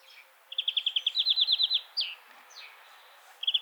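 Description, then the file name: European greenfinch delivering a rapid ringing trill that shifts slightly in pitch, followed by two short downslurred notes and the start of another trill. "Chloris chloris"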